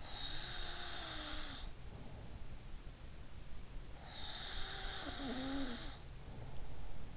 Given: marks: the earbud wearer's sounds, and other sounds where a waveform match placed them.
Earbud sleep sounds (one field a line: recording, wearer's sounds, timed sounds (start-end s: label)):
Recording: sounds in sleep by an in-ear microphone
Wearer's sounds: breath, snoring breath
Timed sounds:
0.04-2.88 s: breath
3.58-7.17 s: snoring breath